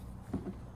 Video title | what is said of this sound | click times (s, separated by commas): Mustang Mach E V2 Rear Pony Light Full Install | as you can hear, snap the grommet connectors back in. | 0.3 s